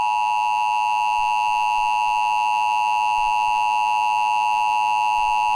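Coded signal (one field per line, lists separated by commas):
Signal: Emergency Alert System (SAME) tones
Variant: 853 and 960 Hz attention tone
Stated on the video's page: Required Monthly Tests for an earthquake and tsunami drill, relayed by NOAA Weather Radio, cable and FM stations; weather radio audio recorded directly from a receiver.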